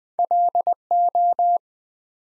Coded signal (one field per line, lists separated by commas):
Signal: Morse code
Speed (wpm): 20 wpm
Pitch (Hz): 700 Hz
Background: none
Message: LO